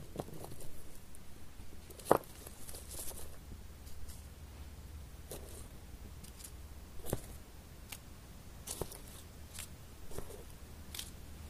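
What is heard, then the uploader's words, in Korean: Someone eats peanuts, each bite giving a short, bright crunch or crackle, with the loudest snap near two seconds. More crunches come every second or two, sometimes in quick pairs, over a steady low hum. 땅콩을 먹어볼게요. 오도독오도독.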